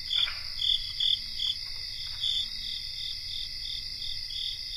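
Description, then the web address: Crickets in chorus, a steady high ringing trill overlaid by louder pulsed chirps, which are strongest early on. Cricket chorus recorded in North America. "Songs of Insects. Cricket chorus"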